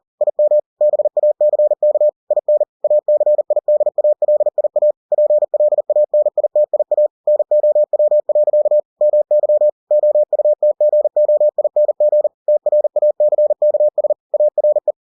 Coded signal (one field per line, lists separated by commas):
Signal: Morse code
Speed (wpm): 40 wpm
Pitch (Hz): 600 Hz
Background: none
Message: IM BACK IN ACIDALIA PLANITIA NOW. MY OUTGOING TRACKS ARE